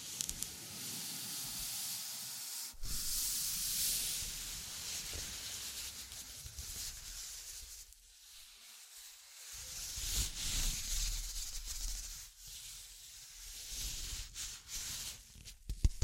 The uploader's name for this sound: Tapping, Scratching, Tracing and Panning